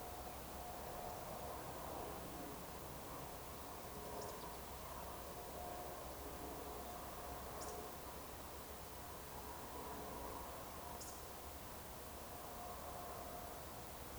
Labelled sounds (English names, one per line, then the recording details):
Eurasian Woodcock
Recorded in Baden-Württemberg, Germany, on 30 June 2020 at 20:08 UTC
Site 43791, 788 m above sea level